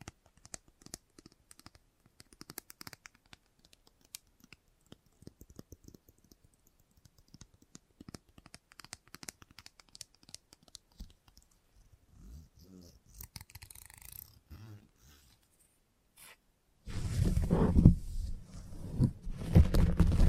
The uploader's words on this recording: ASMR Relaxing Salon Haircut Head Massage, Scissors and Clipper(No Talking).